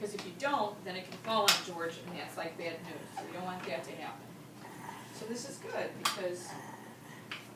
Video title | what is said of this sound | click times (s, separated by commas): stander transfer | I don't hear the click. | none